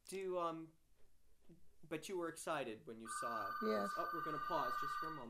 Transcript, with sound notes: Do, um, but you were excited when you saw it. ( a telephone rings ) Oh, we're going to pause just for a moment.